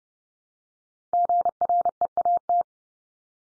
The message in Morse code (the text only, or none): GREAT